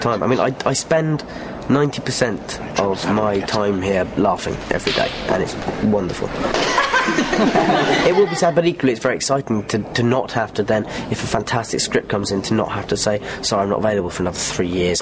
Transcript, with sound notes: I mean I spend 90% of my time here laughing everyday, and it’s wonderful. (laughter) It will be sad but equally it’s very exciting to not have to then, if a fantastic script comes in, to not have to say, “Sorry, I’m not available for another three years.